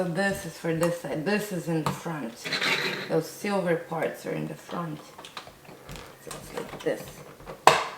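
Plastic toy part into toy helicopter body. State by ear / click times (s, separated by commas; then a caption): seated / 7.7 s. A plastic part of a toy police helicopter is turned the right way round, with its silver parts to the front, and pushed into the helicopter body while someone talks. Quieter handling taps follow at 5.4 s and 6.0 s. One sharp, loud click at 7.7 s shows the part has seated in place.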